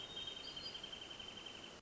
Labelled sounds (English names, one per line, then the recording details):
Wrentit
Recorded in Sonoma County, California